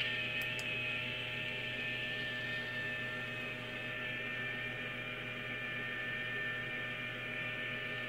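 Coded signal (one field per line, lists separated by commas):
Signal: FT8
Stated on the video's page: FT8 contacts made on a transceiver on the 80m, 40m, 30m and 20m bands.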